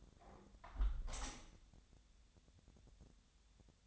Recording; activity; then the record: daily activity, microphone in the room; close window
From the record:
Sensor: 3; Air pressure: 1014.9 hPa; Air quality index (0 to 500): 57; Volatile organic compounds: 1 ppm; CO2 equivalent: 749 ppm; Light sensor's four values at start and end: 10/22/9/9 and 9/22/9/9